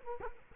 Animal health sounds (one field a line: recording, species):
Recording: mosquito wingbeat signal from an infrared sensor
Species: Culex quinquefasciatus